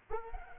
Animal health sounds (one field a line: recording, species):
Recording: mosquito wingbeat signal from an infrared sensor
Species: Culex pipiens